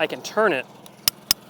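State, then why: Torque reached. Someone talks briefly as a golf club torque wrench tightens the head screw on an adjustable hybrid's hosel. Two sharp clicks ring out at 1.1 s and 1.3 s as the wrench reaches its setting, meaning the club head is secured and won't come off.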